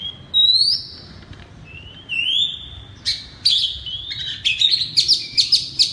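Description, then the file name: Oriental magpie-robin song: loud, clear rising whistles with upslurred notes, pauses, then a quick run of sharp repeated chips toward the end. Loud, open, clear 'ngeplong' song style. "suara kacer ngeplong keras"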